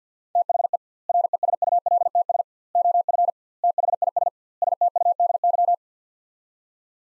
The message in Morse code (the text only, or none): THE RESULTS OF THIS STUDY